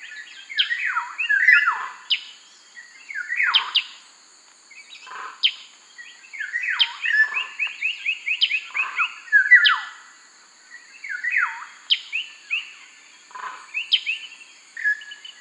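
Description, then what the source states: Black-naped oriole delivering fluty whistles and quick slurred notes in a busy run of phrases, with a steady high hum throughout. Subspecies Oriolus chinensis mundus.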